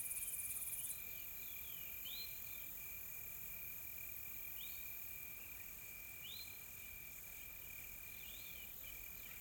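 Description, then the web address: Insects keep up a steady thin tone and bright hiss, while short arched chirps recur every few seconds. Calm, soft insects in a tropical forest ambience in South Africa. "Sonniss com - GDC 2020-Game Audio Bundle Smart Sound FX - Nature South Africa AMBIENCE Additional Tropical Forest Soft Insects Calm"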